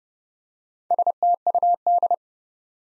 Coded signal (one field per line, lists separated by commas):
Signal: Morse code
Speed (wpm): 30 wpm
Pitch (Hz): 700 Hz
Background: none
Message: STUD